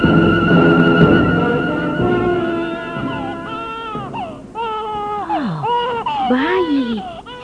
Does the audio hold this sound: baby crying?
yes